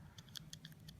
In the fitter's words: press on the plastic listen for the clicks